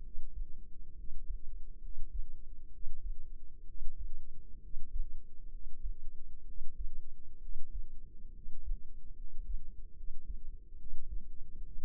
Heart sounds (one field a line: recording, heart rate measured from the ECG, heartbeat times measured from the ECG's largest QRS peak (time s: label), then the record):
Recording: heart sounds by microphone in the left ear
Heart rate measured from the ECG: 67 bpm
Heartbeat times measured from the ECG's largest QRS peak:
0.01 s: heartbeat
0.94 s: heartbeat
1.79 s: heartbeat
2.69 s: heartbeat
3.64 s: heartbeat
4.59 s: heartbeat
5.49 s: heartbeat
6.44 s: heartbeat
7.38 s: heartbeat
8.31 s: heartbeat
9.14 s: heartbeat
9.93 s: heartbeat
10.76 s: heartbeat
11.61 s: heartbeat
From the record:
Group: healthy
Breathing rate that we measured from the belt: 16 breaths a minute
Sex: male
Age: 20 years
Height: 167 cm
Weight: 61 kg